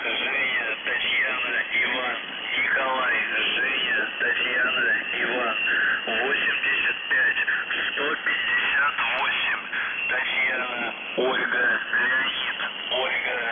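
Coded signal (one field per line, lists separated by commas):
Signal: numbers station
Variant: UVB-76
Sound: a band-limited voice speaking steadily over radio, with no buzzer tones audible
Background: radio static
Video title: The Buzzer/UVB-76 Voice Message May 3, 2021 9:36 UTC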